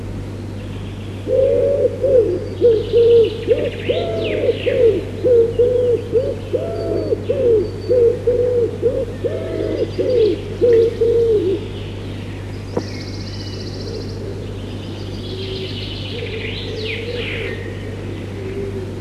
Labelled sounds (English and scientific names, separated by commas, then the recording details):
Common Wood Pigeon (Columba palumbus)
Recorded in the wild
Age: adult
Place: Friedrichsmoor, Landschaftsschutzgebiet Lewitz, Mecklenburg-Vorpommern, DE
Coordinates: 53.4572, 11.5731
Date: 1965-05-21
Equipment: Grundig TK 4, BG 20/6 - 19 cm/s
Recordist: Schubert, Michael